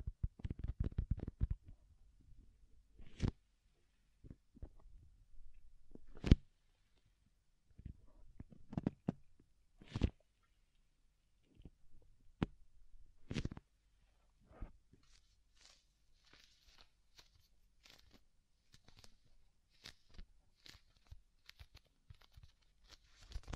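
Soft, fluffy ear tingle sounds arrive as scattered brushing and rubbing strokes, with a quick cluster of low thumps in the first two seconds. Sharper taps stand out near 3, 6, 10 and 13 seconds, and the second half turns to lighter, airy rustles.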